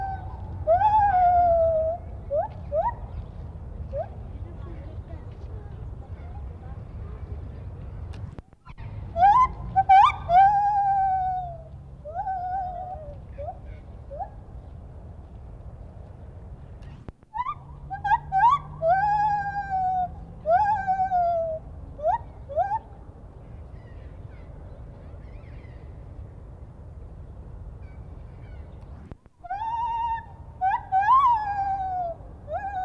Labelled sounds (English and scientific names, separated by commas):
Lar Gibbon (Hylobates lar)